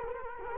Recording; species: mosquito wingbeat signal from an infrared sensor; Culex quinquefasciatus